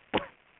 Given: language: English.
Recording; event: throat vibration sensor signal played as sound; cough